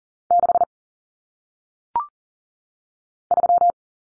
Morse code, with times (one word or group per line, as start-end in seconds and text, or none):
0.3-0.6 6
3.3-3.7 3